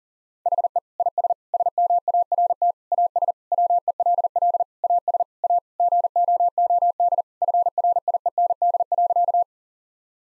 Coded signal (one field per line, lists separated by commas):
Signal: Morse code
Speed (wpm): 40 wpm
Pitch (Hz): 700 Hz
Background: none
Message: HE IS SMART AS WELL AS A GOOD FRIEND.